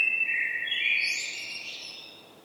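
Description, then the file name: Common blackbird giving a single fluty warbled phrase that rises into a high, thin squeaky flourish and then fades away. "Turdus merula"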